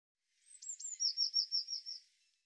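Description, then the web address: Eurasian blue tit call: two or three thin, high sliding notes followed by a quick run of about seven bright, even notes, lasting roughly one and a half seconds. "cianscape birddata Deverinetal 2025 File cleaned normalized Bird Cy Ca"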